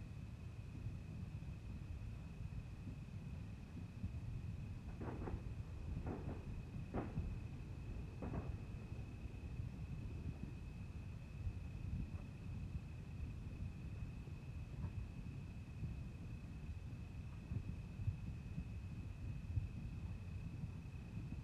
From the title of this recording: The sounds of 4th of July 2022 Los Angeles